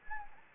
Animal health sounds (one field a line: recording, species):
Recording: mosquito wingbeat signal from an infrared sensor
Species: Anopheles gambiae